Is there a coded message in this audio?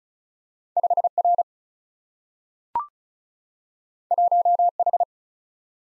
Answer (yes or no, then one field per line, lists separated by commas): yes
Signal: Morse code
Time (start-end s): 0.8-5.0 s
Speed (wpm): 36 wpm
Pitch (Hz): 700 Hz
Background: none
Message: 5R 1H